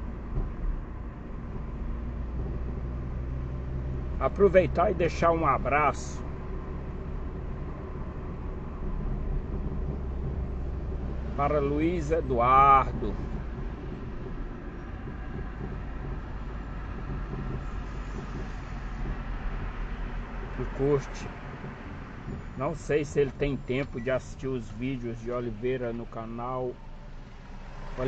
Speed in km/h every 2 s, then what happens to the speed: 35, 38, 40, 41, 39, 35, 33, 29, 27, 24, 20, 8, 0, 4.
0-5 speeds up to 41. 5-24 slows to 0.